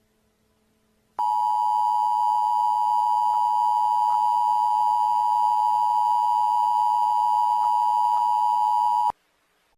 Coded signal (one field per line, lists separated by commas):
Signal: Emergency Alert System (SAME) tones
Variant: 853 and 960 Hz attention tone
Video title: What if ImLeqit_PvP hacked the Emergency Alert System? (1)